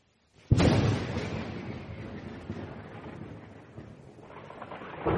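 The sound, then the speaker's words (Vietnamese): At dusk, a huge lightning bolt from dark clouds sets off a sudden, loud crack of thunder that bursts out of silence, then rolls into a long, deep rumble that slowly fades before swelling slightly again at the end. “Đột nhiên một buổi chiều hoàng hôn, mây đen trên bầu trời bỗng nhiên xuất hiện một đạo thiểm điện kinh thiên động địa. Tia chớp này thật lớn, ước chừng vạn trượng, tựa như thương khung bị xé rách ra một vết nứt, âm âm nổ vang.”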